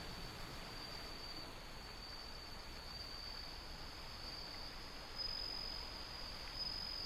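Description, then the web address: Bell cricket song: high, steady ringing notes, with brighter stretches near the end, over heavy roaring wind and surf noise. Windy, with ocean sound. "windy scape osean sound suzumushi"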